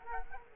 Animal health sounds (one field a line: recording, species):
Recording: mosquito wingbeat signal from an infrared sensor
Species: Culex quinquefasciatus